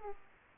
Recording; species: mosquito wingbeat signal from an infrared sensor; Aedes aegypti